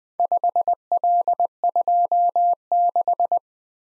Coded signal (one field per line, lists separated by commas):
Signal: Morse code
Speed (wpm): 20 wpm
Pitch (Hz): 700 Hz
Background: none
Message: 5L26